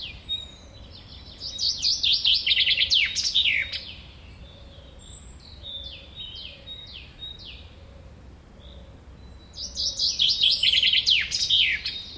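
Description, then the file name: Common chaffinch song phrases: a loud rattle near the start, softer slurred falling notes in the middle, and another fast rattling phrase toward the end. "Fringilla coelebs"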